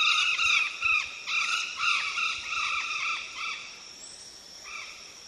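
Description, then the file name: Golden parakeet screeches loud, grating arched calls in a rapid series, then one lone call after a pause. "canto do guaruba"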